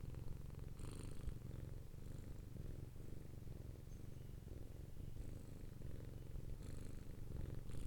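Domestic cat purring, a steady low rumbling throb, with faint higher rustles now and then.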